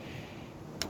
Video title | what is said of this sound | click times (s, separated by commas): Working on the Craftsman T2200 Part 5. Re-assembly. | hear that click sound the sound of beauty that's back together | 0.8 s